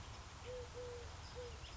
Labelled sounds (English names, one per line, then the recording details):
Eurasian Collared Dove
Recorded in Sonoma County, California